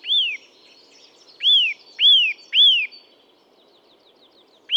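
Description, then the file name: Eurasian nuthatch with ringing down-curved whistled calls, one then a run of three evenly spaced notes. "Sitta europaea"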